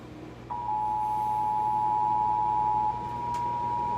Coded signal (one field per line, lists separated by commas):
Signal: Emergency Alert System (SAME) tones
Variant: 853 and 960 Hz attention tone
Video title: EAS: Tornado Watch